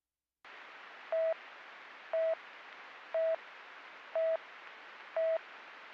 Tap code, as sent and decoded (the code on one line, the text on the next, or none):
none